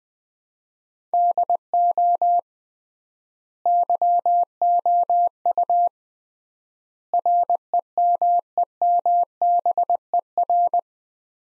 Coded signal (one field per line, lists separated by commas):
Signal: Morse code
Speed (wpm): 20 wpm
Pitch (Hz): 700 Hz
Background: none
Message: DO YOU REMEMBER